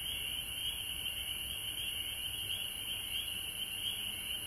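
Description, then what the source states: Frog chorus of many overlapping high trills merging into an unbroken, gently wavering drone, with steady hiss above it. Frogs recorded at home in Georgia on March 19, 2020.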